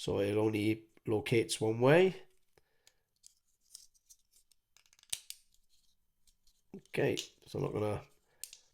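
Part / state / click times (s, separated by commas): plastic model part into the back of a model seat panel / seated / 5.1 s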